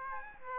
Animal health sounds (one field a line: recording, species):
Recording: mosquito wingbeat signal from an infrared sensor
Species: Aedes aegypti